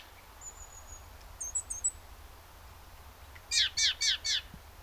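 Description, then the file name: Great tit song, one run of four loud repeated two-note phrases after a thin high whistle and a few soft chips. "Parus major"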